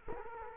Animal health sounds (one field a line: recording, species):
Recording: mosquito wingbeat signal from an infrared sensor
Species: Culex quinquefasciatus